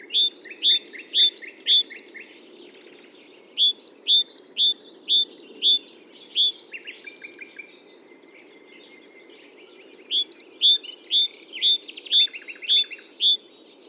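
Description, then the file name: Great tit calls: three runs of sharp, high chirping notes separated by pauses, over a steady low background hum. "Parus major"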